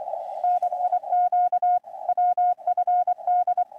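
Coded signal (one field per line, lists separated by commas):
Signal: Morse code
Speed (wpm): 25 wpm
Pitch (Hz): 720 Hz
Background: radio noise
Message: NIQ WFD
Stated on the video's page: Winter Field Day live stream.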